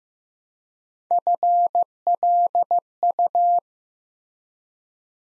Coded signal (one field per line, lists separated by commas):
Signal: Morse code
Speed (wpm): 15 wpm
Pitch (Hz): 700 Hz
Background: none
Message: FLU